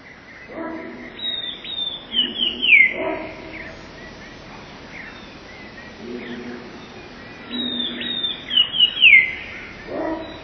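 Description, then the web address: Eurasian blue tit sings two phrases roughly six seconds apart, each a run of high, sharp notes falling into a quick trill. "wroblowe teka 2 spiew 11. wroblowe teka modraszkoteka"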